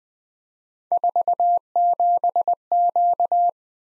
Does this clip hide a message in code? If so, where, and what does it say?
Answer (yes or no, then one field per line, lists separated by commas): yes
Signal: Morse code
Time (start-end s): 0.9-3.5 s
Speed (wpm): 20 wpm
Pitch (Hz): 700 Hz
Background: none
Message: 47Q